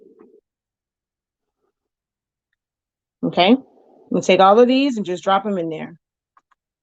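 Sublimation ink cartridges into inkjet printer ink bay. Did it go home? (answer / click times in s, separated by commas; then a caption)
no / none. Someone talks while handling plastic sublimation ink cartridges that are about to be dropped and pushed into the ink bay of an Epson 7210 inkjet printer, one after another. Only a couple of faint ticks are heard, at about 2.5 and 6.4 seconds. No cartridge has seated or clicked home yet.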